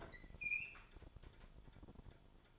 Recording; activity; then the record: daily activity, microphone in the room; open fridge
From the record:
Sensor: 5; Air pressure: 1007.9 hPa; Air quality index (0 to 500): 96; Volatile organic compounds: 1 ppm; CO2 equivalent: 749 ppm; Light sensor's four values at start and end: 39/89/37/38 and 39/89/37/38